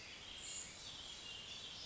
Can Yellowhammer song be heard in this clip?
no